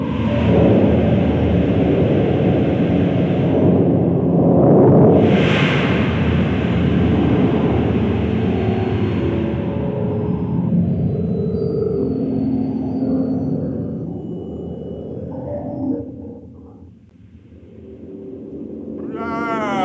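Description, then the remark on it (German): Storm wind roars steadily in a deep, rumbling wash, with one gust swelling into a brief whoosh early on before the roar slowly eases and dips near the end. No voices. “Oh, welch ein Sturm!”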